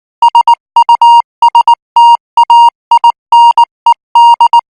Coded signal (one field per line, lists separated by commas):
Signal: Morse code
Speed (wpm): 19 wpm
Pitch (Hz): 940 Hz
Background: music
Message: SUSTAINED